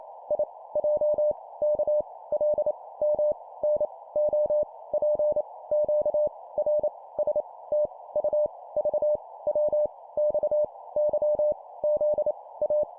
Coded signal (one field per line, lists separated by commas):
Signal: Morse code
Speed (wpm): 28 wpm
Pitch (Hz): 600 Hz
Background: none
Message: I J K L M N O P Q R S T U V W X Y Z A